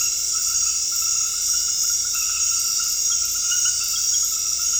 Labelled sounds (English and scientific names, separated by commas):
none